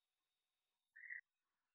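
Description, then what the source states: Red-eyed tree frog giving one brief, tonal, mid-high note lasting about a quarter second amid near silence. Call type 2.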